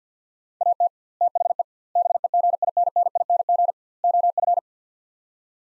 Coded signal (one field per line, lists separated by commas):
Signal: Morse code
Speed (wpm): 50 wpm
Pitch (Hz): 700 Hz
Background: none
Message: AT THE BEGINNING OF